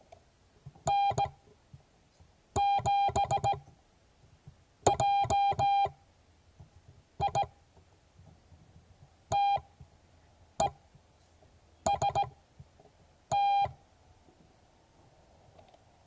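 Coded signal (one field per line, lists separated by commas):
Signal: Morse code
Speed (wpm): 17 wpm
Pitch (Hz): 800 Hz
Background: none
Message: N7JI TEST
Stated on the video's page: Morse code class.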